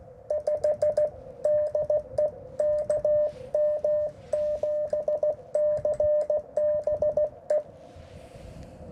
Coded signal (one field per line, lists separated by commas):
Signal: Morse code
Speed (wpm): 16 wpm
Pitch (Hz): 600 Hz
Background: radio noise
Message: 5 DE KM7CBE